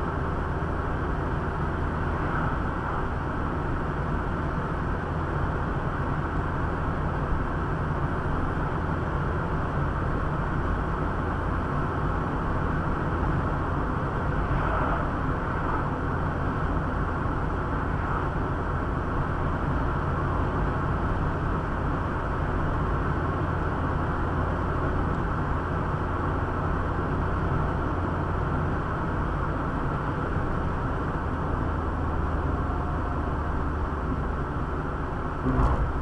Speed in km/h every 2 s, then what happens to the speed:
73, 76, 77, 77, 79, 79, 80, 80, 80, 80, 79, 80, 80, 80, 81, 76, 70, 68.
0-11 speeds up to 80. 11-28 steady at about 80. 28-36 slows to 68.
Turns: none.